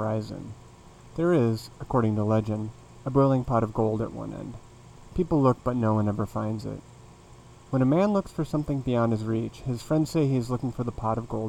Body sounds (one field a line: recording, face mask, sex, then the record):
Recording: reading aloud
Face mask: none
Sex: male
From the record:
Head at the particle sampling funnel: facing it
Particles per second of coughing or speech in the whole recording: 3.44